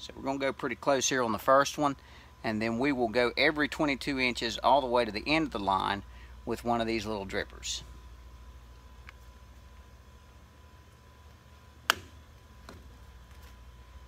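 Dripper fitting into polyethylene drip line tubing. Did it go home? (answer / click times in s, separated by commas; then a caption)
yes / 11.9 s. Someone talks for about the first 7.5 seconds while installing the first dripper point on a plastic drip irrigation line near the wall, with a steady hum underneath. After a quieter stretch with a couple of faint ticks, one sharp snap at 11.9 s marks the dripper fitting seating into the polyethylene drip tubing.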